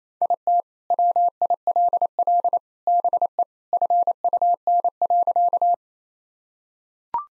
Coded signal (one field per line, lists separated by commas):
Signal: Morse code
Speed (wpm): 27 wpm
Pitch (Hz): 700 Hz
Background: none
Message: IT WILL BE FUN.